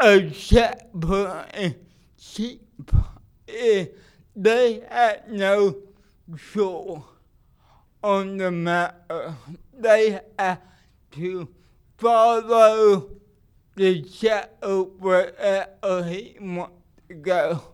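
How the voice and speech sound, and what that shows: An adult man with cerebral palsy preaches a sermon, speaking slowly in short, effortful phrases broken by long pauses, with stretched vowels and blurred or dropped consonants. This is dysarthric speech from cerebral palsy, heard as an accent, which reduces clarity so that listeners must attend closely.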